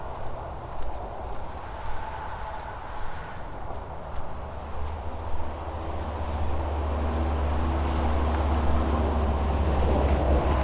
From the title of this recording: Soundwalking - Withlacoochee State Forest